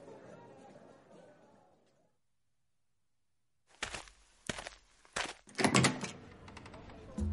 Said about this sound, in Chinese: 王富贵去拍了拍诊所的门，想跟任小素探讨一下这个事情，结果拍了半天也没人理他